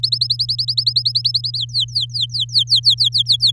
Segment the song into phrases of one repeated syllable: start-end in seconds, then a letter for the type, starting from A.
0.03-1.57 A, 1.58-3.51 B